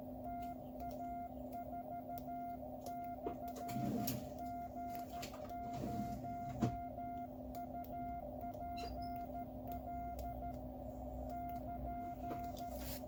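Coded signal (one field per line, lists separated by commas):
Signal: Morse code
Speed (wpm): 13 wpm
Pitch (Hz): 700 Hz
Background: none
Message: TA4/G0UPL <KN>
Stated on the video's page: Morse from a QCX+ 5W QRP CW transceiver kit.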